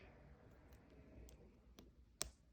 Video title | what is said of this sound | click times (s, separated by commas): Cleaning Siemens Silk Branded Hearing Instruments | and you can hear that click if you can't hear it you can feel it you want to make sure the buds on all the way | 2.2 s